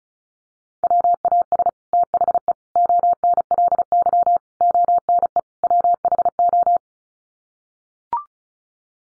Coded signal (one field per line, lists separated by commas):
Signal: Morse code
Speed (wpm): 34 wpm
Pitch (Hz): 700 Hz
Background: none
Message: WAS THE ONLY ONE WHO